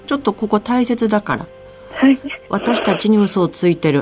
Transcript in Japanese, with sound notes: ちょっと、ここ、大切だから。・・ （しゃくりあげる）
はい・・ズッ
私たちに、嘘をついる。